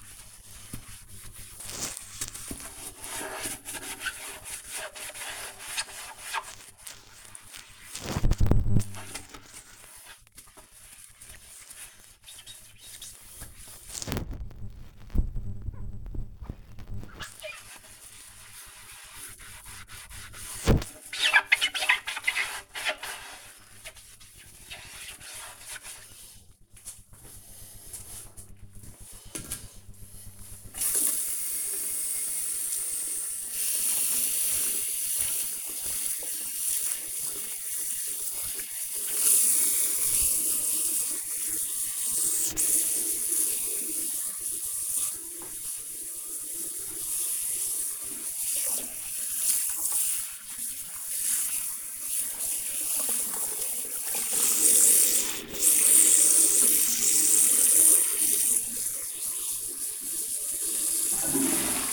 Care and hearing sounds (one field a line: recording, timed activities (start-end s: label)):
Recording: household activities, microphone on the right wrist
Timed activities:
0.00-61.93 s: cleaning bathroom